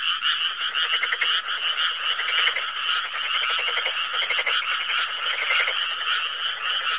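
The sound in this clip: Frogs croaking together in a continuous rattling chorus, quick pulsed calls repeating and overlapping without pause.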